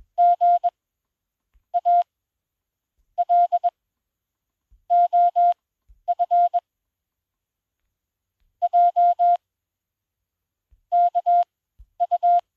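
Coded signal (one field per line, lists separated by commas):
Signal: Morse code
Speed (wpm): 21 wpm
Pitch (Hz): 700 Hz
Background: none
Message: G A L OF J KU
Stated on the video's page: 20 WPM Morse generated by an Android Koch-method trainer app for smartphones and tablets.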